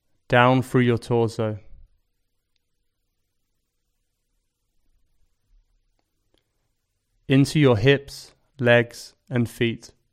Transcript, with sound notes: Down through your torso... [Pause 5 seconds] Into your hips, legs, and feet.